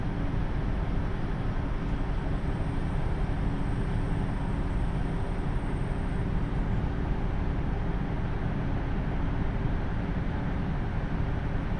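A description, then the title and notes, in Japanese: A diesel railcar on the Takayama Line between Gifu and Mino-Ota, a KiHa 75, gives a steady, dense low rumble and engine drone with a few constant hum tones. A thin high whine rises faintly around the second to sixth seconds, then fades. 高山本線 岐阜→美濃太田（キハ75）。車両はキハ75系で快速みえ号にも使われています。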